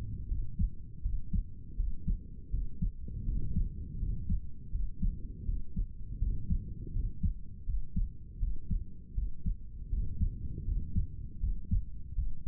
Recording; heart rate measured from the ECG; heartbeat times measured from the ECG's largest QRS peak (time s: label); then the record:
heart sounds by stethoscope; 81 bpm
0.27 s: heartbeat
1.02 s: heartbeat
1.76 s: heartbeat
2.50 s: heartbeat
3.25 s: heartbeat
3.99 s: heartbeat
4.71 s: heartbeat
5.45 s: heartbeat
6.18 s: heartbeat
6.92 s: heartbeat
7.65 s: heartbeat
8.39 s: heartbeat
9.14 s: heartbeat
9.89 s: heartbeat
10.64 s: heartbeat
11.39 s: heartbeat
12.14 s: heartbeat
From the record:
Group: healthy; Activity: cold pressor test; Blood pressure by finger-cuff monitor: 118/77 mmHg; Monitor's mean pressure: 85 mmHg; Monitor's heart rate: 81 bpm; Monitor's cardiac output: 6.5 L/min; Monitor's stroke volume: 80 mL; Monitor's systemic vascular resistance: 960 dyn s/cm5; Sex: male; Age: 35 years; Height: 180 cm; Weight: 86.9 kg